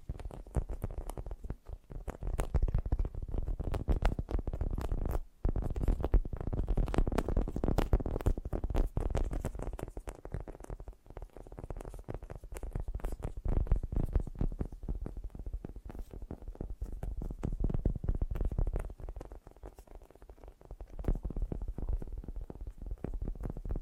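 Fast, gentle tapping runs almost without a break, a dense stream of small soft strikes with a muffled, low-heavy tone. The pace stays quick and even, easing slightly around 11 and 19 seconds, with a brief pause just after 5 seconds.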